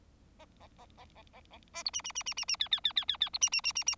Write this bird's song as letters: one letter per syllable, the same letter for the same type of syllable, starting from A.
A A A A B B B A C D D D D D D E E E E E E C D D D D D